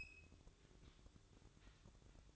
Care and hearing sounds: daily activity, microphone in the room; open fridge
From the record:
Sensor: 3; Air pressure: 1007.7 hPa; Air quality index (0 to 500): 68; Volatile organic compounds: 1 ppm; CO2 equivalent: 637 ppm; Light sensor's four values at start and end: 13/30/12/13 and 13/30/13/13

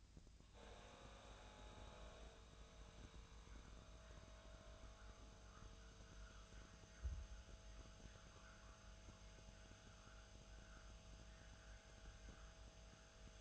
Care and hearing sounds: daily activity, microphone in the room; make coffee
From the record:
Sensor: 2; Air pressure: 1009.2 hPa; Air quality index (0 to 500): 187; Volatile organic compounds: 11 ppm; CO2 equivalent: 2321 ppm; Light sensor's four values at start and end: 24/59/25/27 and 24/59/25/28

